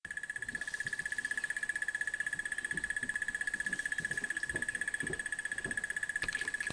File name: Crested Barbet call